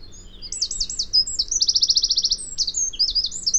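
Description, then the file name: Eurasian wren pouring out a loud, high-pitched rapid song of sharp notes and fast rattling trills, tempo shifting through the phrase, over faint low hum. "Troglodytes troglodytes"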